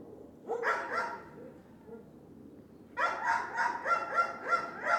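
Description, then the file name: Dogs barking: a short burst of harmonic barks near the start, a pause, then a rapid run of sharp barks repeating about three times a second. More than one dog barking. "17-Dogs barking"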